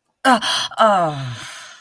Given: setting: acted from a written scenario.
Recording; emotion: vocal sound without words; negative surprise